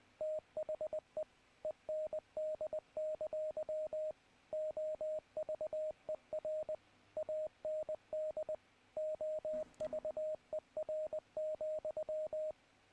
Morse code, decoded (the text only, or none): THE END! OVER AND OVER,